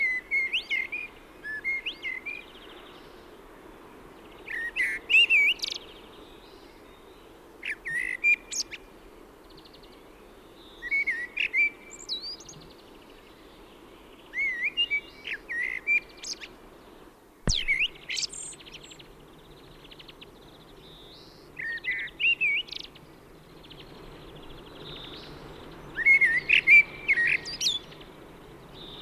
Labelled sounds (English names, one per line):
Common Blackbird song